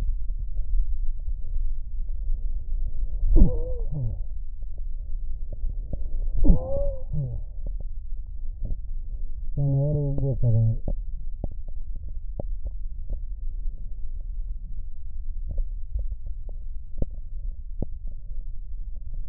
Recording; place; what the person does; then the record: lung sounds by stethoscope; right posterior basal chest; quiet breathing, then cough and speech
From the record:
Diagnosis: COPD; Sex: male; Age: 57 years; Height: 165 cm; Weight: 85.7 kg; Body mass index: 31.5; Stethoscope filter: extended mode